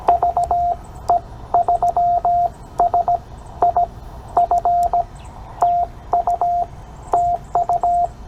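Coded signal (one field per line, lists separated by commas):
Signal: Morse code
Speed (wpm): 17 wpm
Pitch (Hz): 700 Hz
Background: radio noise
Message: VE3SIF TU TU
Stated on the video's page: Park (POTA) activation, calling for over an hour and a half with few contacts; captioned CW copy practice.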